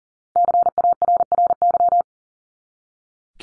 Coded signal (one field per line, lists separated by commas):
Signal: Morse code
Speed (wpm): 40 wpm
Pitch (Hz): 700 Hz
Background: none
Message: CARRY